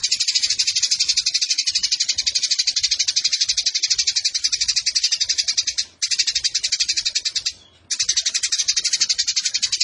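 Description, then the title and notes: Eurasian tree sparrow chatter: a continuous rapid rattle of sharp, high notes with two brief pauses toward the end. Fighting-style sparrow with a long 'nembak' (rapid shooting) song and clear voice, used as a tutor recording for birds entered in song competitions. "GEREJA TARUNG NEMBAK PANJANG SUARA JERNIH. Burung Gereja"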